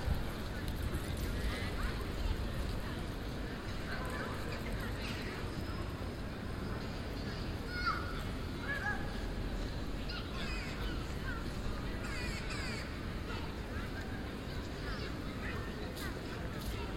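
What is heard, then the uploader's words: People talk on a busy café terrace outdoors, a dense, steady murmur of overlapping voices with a low rumble of city traffic underneath. Brighter calls and chirps, likely kids playing or birds, pop out now and then, especially around the middle and later seconds. Plein (Den Haag, October 31st 2015). People on café terraces, kids playing and one loud motorcycle.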